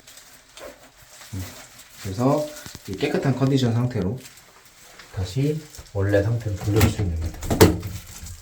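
A removable cover or fitting from a bathroom fixture, cleaned and being handled to go back into its original position, while someone talks over faint background rustles. Nothing has seated or clicked yet; the cover is not yet snapped home.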